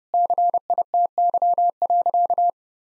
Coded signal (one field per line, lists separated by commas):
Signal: Morse code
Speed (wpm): 30 wpm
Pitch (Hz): 700 Hz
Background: none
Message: CITY.